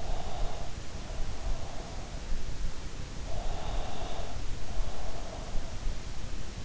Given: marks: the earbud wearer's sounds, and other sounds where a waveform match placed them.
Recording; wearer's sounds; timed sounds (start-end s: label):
sounds in sleep by an in-ear microphone; breath
0.00-2.00 s: breath
3.08-5.60 s: breath